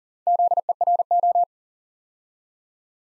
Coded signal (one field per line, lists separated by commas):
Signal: Morse code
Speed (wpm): 42 wpm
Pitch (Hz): 700 Hz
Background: none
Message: ZERO